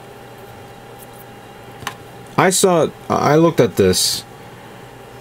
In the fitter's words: and then slide it into here until it snaps into place like so